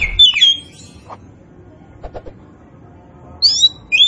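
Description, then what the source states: Oriental magpie-robin: songbird giving a short whistled phrase, then soft clicks, then two more bright sweeping whistles near the end. Kacer poci, a form of Oriental magpie-robin, described as gacor, meaning singing vigorously and often.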